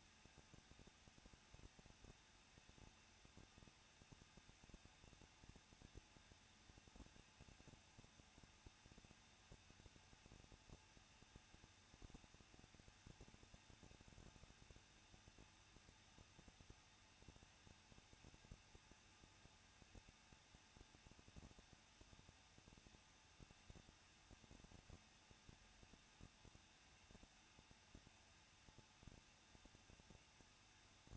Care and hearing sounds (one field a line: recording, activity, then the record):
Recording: daily activity, microphone in the room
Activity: no activity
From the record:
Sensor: 2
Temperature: 21.0 degrees Celsius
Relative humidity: 37.5%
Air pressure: 1006.3 hPa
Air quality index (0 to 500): 222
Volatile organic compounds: 24 ppm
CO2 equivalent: 2823 ppm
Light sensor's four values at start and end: 2/3/2/2 and 2/3/2/2